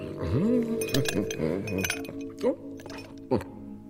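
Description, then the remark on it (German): Three ice cubes drop into a glass one after another, making sharp, bright clinks spaced about a second apart, with a wordless voice murmuring underneath at the start. “Ihr habt gefrorenes Wasser aus der Kukulle gezogen. 3 kleine Quader.”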